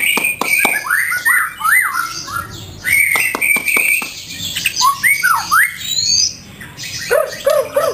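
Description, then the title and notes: White-rumped shama song of looping whistled notes broken by loud snapping clicks, with phrases rising and falling. Caged-bird training (masteran) song of the White-rumped shama. "Suara Kicau Burung Murai Batu. burung murai buat masteran"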